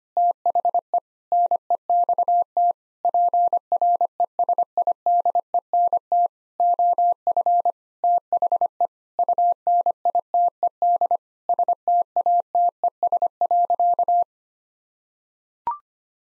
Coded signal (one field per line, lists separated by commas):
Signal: Morse code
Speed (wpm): 25 wpm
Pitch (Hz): 700 Hz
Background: none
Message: THE NEXT PRESIDENT OF THE UNITED STATES.